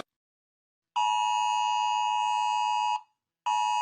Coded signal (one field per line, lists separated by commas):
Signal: Emergency Alert System (SAME) tones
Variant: 853 and 960 Hz attention tone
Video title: Rating eas alarms cause everyone is doing it